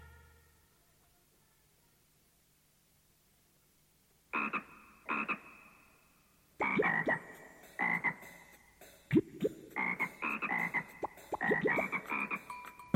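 A frog croaks after a few quiet seconds: two separate calls, then a loud, rapid run of overlapping, rasping croaks with a bright, buzzy tone. No one speaks.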